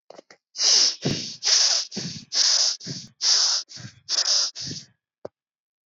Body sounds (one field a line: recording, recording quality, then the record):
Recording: shallow breathing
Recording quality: excellent, no background noise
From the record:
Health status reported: COVID-19 positive, mild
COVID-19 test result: positive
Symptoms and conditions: cold, fever, fatigue, muscle pain, loss of smell and taste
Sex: female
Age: 22 years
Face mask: not worn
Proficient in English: yes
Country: India